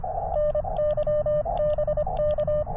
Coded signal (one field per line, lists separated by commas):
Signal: Morse code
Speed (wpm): 23 wpm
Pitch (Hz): 600 Hz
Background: none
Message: NYBK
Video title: K2EJT CW POTA at Mercereau Park? That's not a POTA park.....